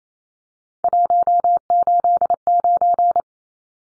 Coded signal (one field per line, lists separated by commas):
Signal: Morse code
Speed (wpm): 28 wpm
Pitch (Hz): 700 Hz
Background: none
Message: 189